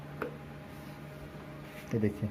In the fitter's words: तो इसके लिए लॉकिंग सिस्टम दिया है। देखिए अभी लॉक हो गया ये